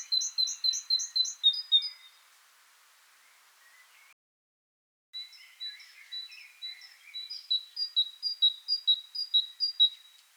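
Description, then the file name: Great tit song, a seesawing high-low two-note phrase repeated rapidly in two bouts separated by a pause, with faint lower twitters. "Parus major"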